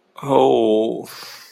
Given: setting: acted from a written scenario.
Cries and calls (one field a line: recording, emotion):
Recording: vocal sound without words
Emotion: guilt